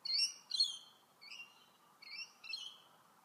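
Bird tweets, high and slightly wavering, some in quick pairs, over a soft constant hiss.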